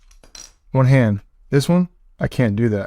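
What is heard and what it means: A Godox XPro II (XProII-C) wireless flash trigger for Canon is popped off a camera hot shoe with one hand, and its quick-release gives light metallic clinks, the clearest at 0.4 s. Someone then talks. The trigger comes free easily.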